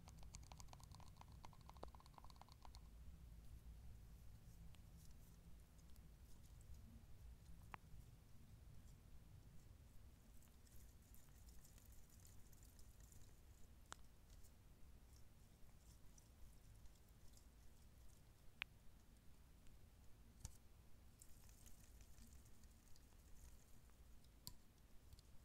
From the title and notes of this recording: Super TINGLY Shaving Gel.